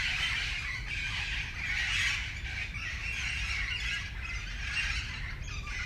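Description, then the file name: Parakeets giving a steady stream of harsh, overlapping squawks and screeches, loud throughout with little pause, over a low rumbling background. "FR-3 Parakeets"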